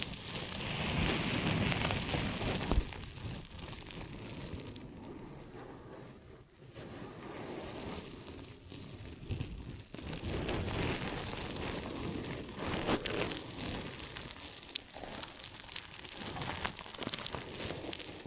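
Ear and scalp massage sounds: dense, continuous rubbing and crinkling scratches that fill the whole clip with a hissy, rustling texture. The sound swells and thins irregularly, with a sharp tap near three seconds and a brief near-silent dip around six and a half seconds.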